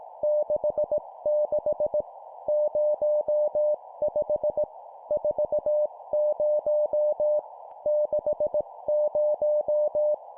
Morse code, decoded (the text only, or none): 66 05 40 60